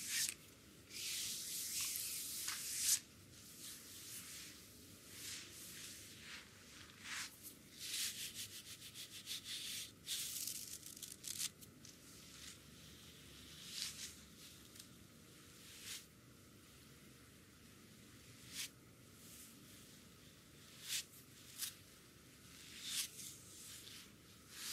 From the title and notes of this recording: ASMR full body massage with dry brush. Back, foot, neck massage.